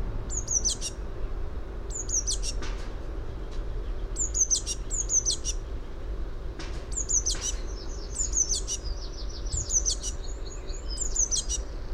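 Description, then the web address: Eurasian blue tit calls: thin, high descending notes, each followed by scratchy buzzy elements, in groups throughout, with a low background hum. "fugl b-mejse"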